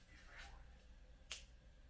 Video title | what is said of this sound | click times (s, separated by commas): #DeaGostini #УАЗ469 Сборка модели Part 4. Выпуски № 10-11-12 Scale 1/8 | кстати да до щелчка плотно щелчок произошел и воткнулась крестовина так | 1.3 s